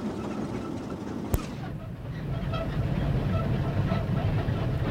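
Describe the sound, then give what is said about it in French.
A tank rumbles and clanks as it drives off, a heavy, steady low roar of engine and tracks, with one sharp crack early on and the noise swelling slightly afterward. “Et le char qui s'en va.”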